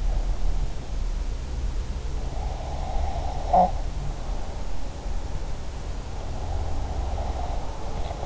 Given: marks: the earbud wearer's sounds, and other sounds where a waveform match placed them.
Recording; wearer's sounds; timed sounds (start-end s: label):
sounds in sleep by an in-ear microphone; breath
2.23-4.04 s: breath